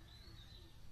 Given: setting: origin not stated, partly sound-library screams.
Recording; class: one-second piece from a danger detection set; normal situation